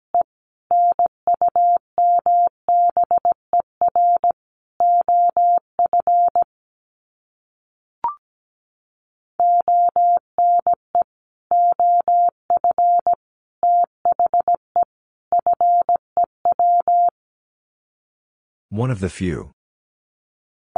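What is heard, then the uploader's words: Morse code beeps in a steady single tone, quick dots and dashes in bursts with short pauses, ending with a brief rustling noise. Sets of 4 Words 17wpm. First, the words are sent in Morse code. Then it is spoken. Finally, it is sent again in Morse code.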